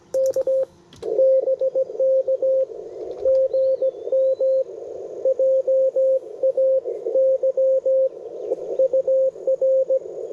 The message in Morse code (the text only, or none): K BK GM JAY UR